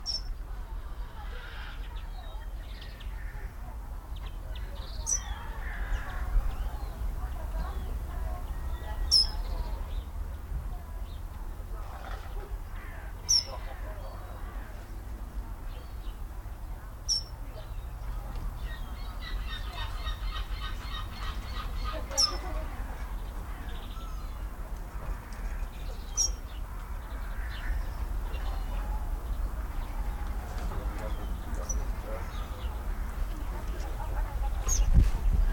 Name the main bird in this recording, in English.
Boreal Owl